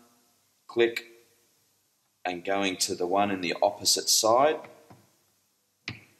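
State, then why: Torque reached. Someone talks while a torque wrench tightens the housing bolts of a Macnaught MX Series flow meter in a crisscross pattern, working through all eight bolts. A single sharp click sounds at 5.9 s as the wrench reaches its setting.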